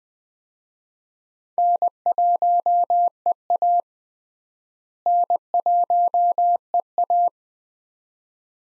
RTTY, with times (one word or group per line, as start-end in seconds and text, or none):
none